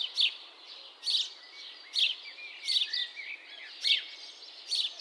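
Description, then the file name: House sparrow giving bright, slightly harsh bursts of chirps about once a second over a steady background hiss. "Passer domesticus"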